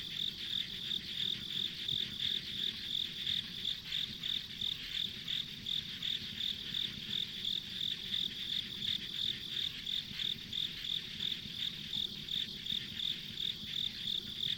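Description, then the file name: Insect: long run of regular high-pitched insect chirps, nearly three per second, with a constant high drone and soft rumble beneath. Ambient insect sounds on a rural country road. "田舎道の虫の環境音"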